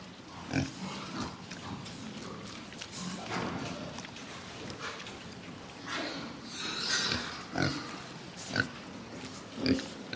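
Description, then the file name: Pig grunts and snorts as short, rough bursts scattered through a dense, noisy background. "audio hero Pig"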